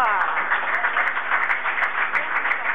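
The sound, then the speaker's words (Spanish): An audience applauds steadily at a celebration for the members of Fracturas Puesta, a dense wash of clapping with crowd voices mixed in, holding an even loudness for about three seconds without fading. “Un aplauso muy grande.”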